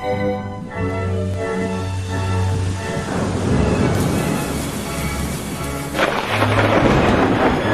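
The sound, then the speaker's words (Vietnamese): A storm roars steadily with heavy rain pouring down and gusts of wind, a deep rumble of thunder rolling underneath and swelling louder toward the end. “Trên bầu trời mưa gió vẫn cứ trút xuống.”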